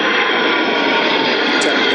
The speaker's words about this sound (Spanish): Ahí están esos aviones militares boicoteando los micros de la raíz.